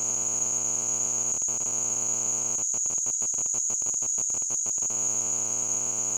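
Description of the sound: Simulated tinnitus: a continuous, steady high-pitched tone near 6–7 kHz, with a faint buzzing, pulsing undertone beneath it.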